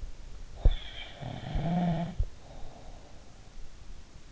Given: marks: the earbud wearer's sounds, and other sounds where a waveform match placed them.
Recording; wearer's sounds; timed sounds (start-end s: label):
sounds in sleep by an in-ear microphone; snoring breath
0.48-3.08 s: snoring breath